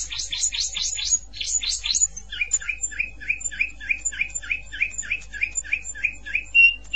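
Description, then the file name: Canary singing a rapid, very high buzzy trill, then switching to a slower series of repeated chirps. "Canary Voice"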